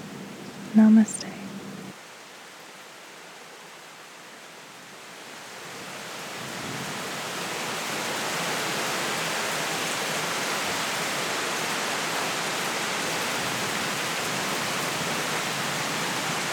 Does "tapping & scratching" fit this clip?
no